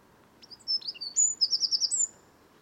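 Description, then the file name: Eurasian wren song: a rapid, very high burst of thin whistled notes leading into a fast, pulsing trill, over a faint steady background hiss. "Troglodytes troglodytes"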